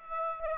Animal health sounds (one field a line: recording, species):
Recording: mosquito wingbeat signal from an infrared sensor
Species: Aedes aegypti